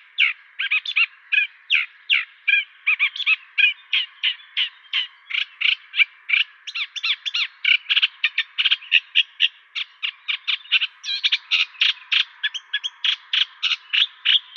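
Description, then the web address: Eurasian reed warbler song: long chattering sequence of scratchy notes in repeated pairs and triplets. "Schulze Peter Reed Warbler song"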